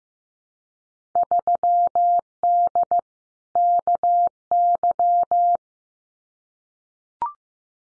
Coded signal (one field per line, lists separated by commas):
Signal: Morse code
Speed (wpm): 15 wpm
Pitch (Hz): 700 Hz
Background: none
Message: 3D KY